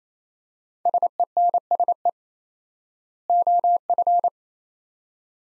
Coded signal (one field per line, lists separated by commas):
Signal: Morse code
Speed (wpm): 28 wpm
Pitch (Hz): 700 Hz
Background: none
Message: SENSE OF